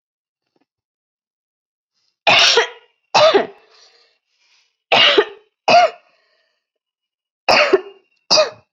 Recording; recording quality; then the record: heavy voluntary cough; excellent, no background noise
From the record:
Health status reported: COVID-19 positive, mild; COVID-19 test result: positive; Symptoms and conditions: cold, fever, fatigue, muscle pain, loss of smell and taste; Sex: female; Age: 22 years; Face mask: not worn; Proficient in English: yes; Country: India